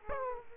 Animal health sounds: mosquito wingbeat signal from an infrared sensor; Aedes aegypti

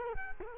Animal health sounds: mosquito wingbeat signal from an infrared sensor; Culex quinquefasciatus

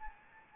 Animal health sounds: mosquito wingbeat signal from an infrared sensor; Anopheles arabiensis

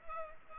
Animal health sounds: mosquito wingbeat signal from an infrared sensor; Culex pipiens

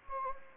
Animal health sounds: mosquito wingbeat signal from an infrared sensor; Anopheles gambiae

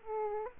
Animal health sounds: mosquito wingbeat signal from an infrared sensor; Aedes aegypti

